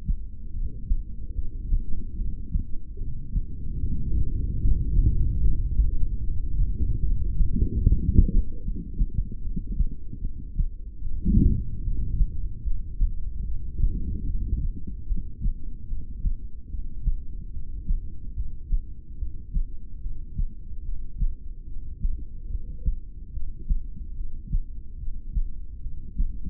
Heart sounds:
heart sounds by stethoscope; 74 bpm
0.49 s: heartbeat
1.31 s: heartbeat
2.12 s: heartbeat
2.94 s: heartbeat
3.75 s: heartbeat
4.56 s: heartbeat
5.37 s: heartbeat
6.17 s: heartbeat
6.98 s: heartbeat
7.78 s: heartbeat
8.58 s: heartbeat
9.38 s: heartbeat
10.17 s: heartbeat
10.98 s: heartbeat
11.79 s: heartbeat
12.60 s: heartbeat
13.41 s: heartbeat
14.22 s: heartbeat
15.03 s: heartbeat
15.84 s: heartbeat
16.65 s: heartbeat
17.48 s: heartbeat
18.31 s: heartbeat
19.14 s: heartbeat
19.97 s: heartbeat
20.79 s: heartbeat
21.62 s: heartbeat
22.46 s: heartbeat
23.28 s: heartbeat
24.11 s: heartbeat
24.94 s: heartbeat
25.77 s: heartbeat
From the record:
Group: heart failure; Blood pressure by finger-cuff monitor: 98/55 mmHg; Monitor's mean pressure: 71 mmHg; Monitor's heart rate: 74 bpm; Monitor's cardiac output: 7.5 L/min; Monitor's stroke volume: 100 mL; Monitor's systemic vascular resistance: 690 dyn s/cm5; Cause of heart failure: ischemic heart disease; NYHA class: 2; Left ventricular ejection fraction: 28%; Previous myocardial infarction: present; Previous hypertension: present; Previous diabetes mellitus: present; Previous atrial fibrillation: present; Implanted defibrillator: present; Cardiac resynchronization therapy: present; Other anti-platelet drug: absent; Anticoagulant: apixaban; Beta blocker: bisoprolol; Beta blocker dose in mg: 10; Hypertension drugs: sacubitril-valsartan, spironolactone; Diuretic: furosemide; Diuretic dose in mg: 20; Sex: male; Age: 62 years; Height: 178 cm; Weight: 88.3 kg

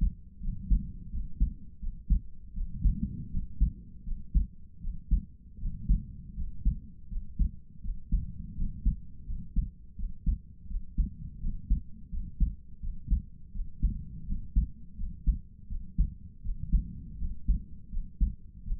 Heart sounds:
heart sounds by stethoscope; 82 bpm
0.39 s: heartbeat
1.09 s: heartbeat
1.78 s: heartbeat
2.52 s: heartbeat
3.29 s: heartbeat
4.03 s: heartbeat
4.79 s: heartbeat
5.57 s: heartbeat
6.33 s: heartbeat
7.07 s: heartbeat
7.80 s: heartbeat
8.54 s: heartbeat
9.24 s: heartbeat
9.95 s: heartbeat
10.66 s: heartbeat
11.39 s: heartbeat
12.09 s: heartbeat
12.79 s: heartbeat
13.51 s: heartbeat
14.24 s: heartbeat
14.95 s: heartbeat
15.67 s: heartbeat
16.41 s: heartbeat
17.16 s: heartbeat
17.89 s: heartbeat
18.62 s: heartbeat
From the record:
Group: healthy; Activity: rest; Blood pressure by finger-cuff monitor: 89/62 mmHg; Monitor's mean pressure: 70 mmHg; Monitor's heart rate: 83 bpm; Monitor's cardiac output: 5.2 L/min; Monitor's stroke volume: 63 mL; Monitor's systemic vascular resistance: 930 dyn s/cm5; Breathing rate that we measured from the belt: 22 breaths a minute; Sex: male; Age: 22 years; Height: 181 cm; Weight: 60 kg

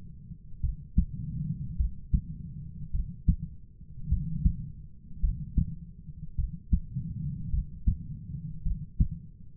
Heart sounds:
heart sounds by stethoscope; 52 bpm
0.60 s: heartbeat
1.76 s: heartbeat
2.90 s: heartbeat
4.07 s: heartbeat
5.19 s: heartbeat
6.35 s: heartbeat
7.49 s: heartbeat
8.62 s: heartbeat
From the record:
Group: heart failure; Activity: rest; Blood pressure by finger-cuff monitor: 68/38 mmHg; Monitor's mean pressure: 49 mmHg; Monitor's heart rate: 52 bpm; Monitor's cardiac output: 4.4 L/min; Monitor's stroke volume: 85 mL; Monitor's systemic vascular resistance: 750 dyn s/cm5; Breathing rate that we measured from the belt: 21 breaths a minute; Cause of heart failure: dilated cardiomyopathy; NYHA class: 3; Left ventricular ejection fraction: 27%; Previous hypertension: present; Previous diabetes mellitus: present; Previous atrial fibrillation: present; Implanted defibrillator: present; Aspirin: present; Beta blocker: bisoprolol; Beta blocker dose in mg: 1.25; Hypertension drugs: sacubitril-valsartan, spironolactone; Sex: female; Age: 39 years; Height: 170 cm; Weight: 64 kg

